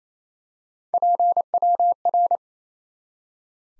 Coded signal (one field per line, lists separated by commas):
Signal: Morse code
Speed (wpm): 28 wpm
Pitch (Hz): 700 Hz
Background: none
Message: PWR